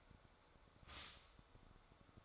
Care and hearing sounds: daily activity, microphone in the room; stop toaster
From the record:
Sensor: 3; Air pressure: 1014.7 hPa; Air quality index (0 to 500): 194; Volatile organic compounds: 23 ppm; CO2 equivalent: 2769 ppm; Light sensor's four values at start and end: 4/11/4/4 and 4/11/4/4

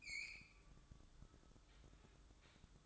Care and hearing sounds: daily activity, microphone in the room; open fridge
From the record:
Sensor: 3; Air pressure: 1007.7 hPa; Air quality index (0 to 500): 65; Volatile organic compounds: 1 ppm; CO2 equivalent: 626 ppm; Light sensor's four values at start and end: 13/30/13/13 and 13/30/13/13

